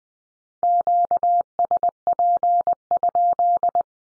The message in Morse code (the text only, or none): QSP?